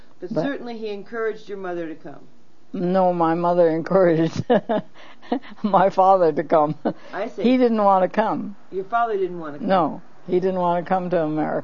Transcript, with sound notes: But—
Certainly he encouraged your mother to come.
No my mother encouraged (laughs) my father to come.
I see.
He didn't want to come.
Your father didn't want to come.
No, he didn't want to come to America.